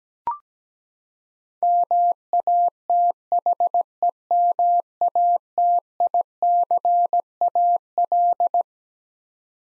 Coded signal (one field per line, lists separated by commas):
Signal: Morse code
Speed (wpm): 17 wpm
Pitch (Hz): 700 Hz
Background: none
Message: MATHEMATICAL